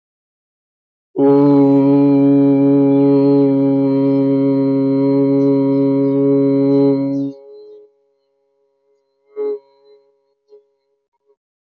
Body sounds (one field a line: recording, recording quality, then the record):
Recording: sustained vowel as in boot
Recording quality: excellent, no background noise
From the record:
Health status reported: healthy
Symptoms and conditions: none ticked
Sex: male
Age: 20 years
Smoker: not ticked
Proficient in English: yes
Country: India